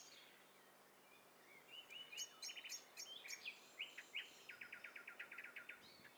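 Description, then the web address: Birds calling together: a fast run of clipped repeated notes, high ticking bursts and a whistled phrase overlapping, above a steady low hum. A mixture of several birds, in stereo. "Hi Fi STEREO BIRD COCKTAIL PARTY"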